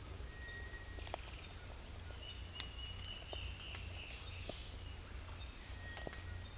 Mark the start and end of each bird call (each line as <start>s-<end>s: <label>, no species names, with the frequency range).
0.24s-0.99s: bird call (1.7-2.5 kHz)
5.03s-5.37s: bird call (0.8-2.5 kHz)
5.68s-6.37s: bird call (1.7-2.4 kHz)